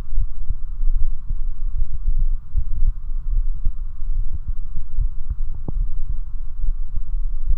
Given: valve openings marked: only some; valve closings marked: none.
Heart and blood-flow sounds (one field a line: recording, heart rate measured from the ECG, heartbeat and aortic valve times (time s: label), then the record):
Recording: heart sounds by stethoscope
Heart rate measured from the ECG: 74 bpm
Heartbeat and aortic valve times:
0.20 s: heartbeat (ECG mark)
0.28 s: aortic valve opens (echo mark)
1.00 s: heartbeat (ECG mark)
1.06 s: aortic valve opens (echo mark)
1.78 s: heartbeat (ECG mark)
1.86 s: aortic valve opens (echo mark)
2.58 s: heartbeat (ECG mark)
2.66 s: aortic valve opens (echo mark)
3.35 s: heartbeat (ECG mark)
3.42 s: aortic valve opens (echo mark)
4.18 s: heartbeat (ECG mark)
4.25 s: aortic valve opens (echo mark)
5.01 s: heartbeat (ECG mark)
5.08 s: aortic valve opens (echo mark)
5.79 s: heartbeat (ECG mark)
5.87 s: aortic valve opens (echo mark)
6.66 s: heartbeat (ECG mark)
7.50 s: heartbeat (ECG mark)
From the record:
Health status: healthy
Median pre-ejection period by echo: 76 ms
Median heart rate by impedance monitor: 75 bpm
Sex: male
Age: 29 years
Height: 170 cm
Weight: 92 kg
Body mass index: 31.83